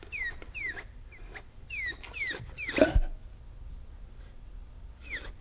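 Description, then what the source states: Dog letting out repeated high, downward-sliding whimpers, interrupted by one loud rough rustle or snort, then a final squeak. Panting with some whining.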